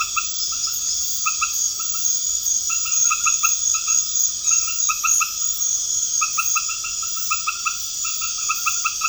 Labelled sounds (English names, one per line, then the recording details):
none
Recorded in pastures near Puerto Asís, Putumayo, Colombia, on 21 March 2025 at 20:30
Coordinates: 0.502, -76.324
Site GP07